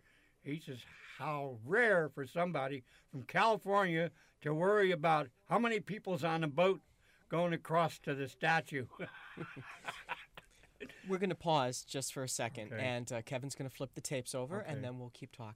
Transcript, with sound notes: He says, "How rare for somebody from California to worry about how many people's on the boat going across to the statue." ( he laughs )
We're going to pause just for a second.
Okay.
And Kevin's going to flip the tapes over, and then we'll keep talking.